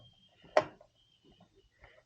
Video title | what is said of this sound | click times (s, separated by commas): Dave's Man Cave - New Gaming PC Build tutorial | and it should just click in | 0.6 s